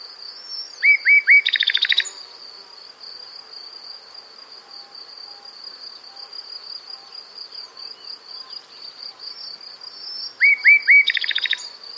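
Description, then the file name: Common nightingale song in two matching phrases, each of three quick rising whistles running into a dense rapid rattle, separated by a long pause filled with a constant high insect hum. "Luscinia megarhynchos"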